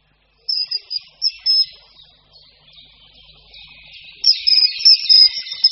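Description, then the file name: Common kingfisher calling in rapid, shrill whistled series, an early run of piercing notes, a brief lull, then a dense, excited burst of high calls. "Ledňáček-říční"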